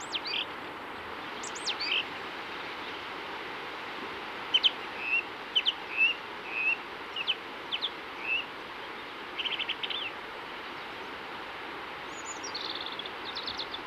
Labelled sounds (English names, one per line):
Coal Tit song